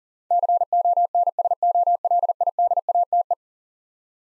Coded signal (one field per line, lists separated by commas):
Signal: Morse code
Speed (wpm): 40 wpm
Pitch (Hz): 700 Hz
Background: none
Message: CONSOLIDATE